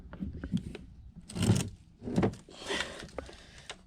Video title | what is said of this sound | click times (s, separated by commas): Top 5 Christmas Car Guy Gadgets and Tools Of 2020 (Christmas Gift ideas) | it's nice satisfying click that's it | 3.2 s, 3.7 s